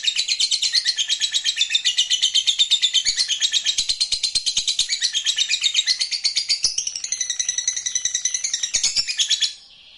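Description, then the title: Lovebird song: a dense, high, rapid chatter of pulsed notes lasting about nine seconds before ending in quiet. Recording meant to spur a reluctant lovebird into spontaneous, eager, sustained singing. "LOVEBIRD Malas Bunyi JADI GREGET SPONTAN Langsung NARIK"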